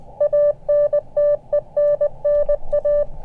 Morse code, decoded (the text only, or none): ANTENNA